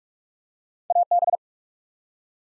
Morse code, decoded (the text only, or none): AB